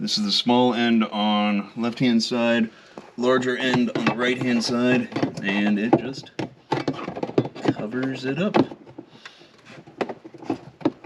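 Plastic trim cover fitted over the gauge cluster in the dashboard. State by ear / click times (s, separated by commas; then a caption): not seated / none. Someone talks while a plastic trim cover with adhesive strips is lined up over the new digital gauge cluster in a BMW dashboard. Short, sharp handling taps follow around 6.7–7.5 s and again at 10.0 and 10.9 s. The clip ends before the piece snaps in, so nothing has seated yet.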